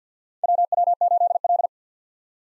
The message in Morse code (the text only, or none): WW8L